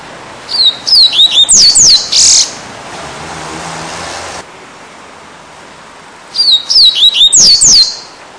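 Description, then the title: Double-collared Seedeater: two phrases of high whistled downslurs, the first ending in a buzzy note, separated by a few seconds of hissy background. "Canto Coleiro"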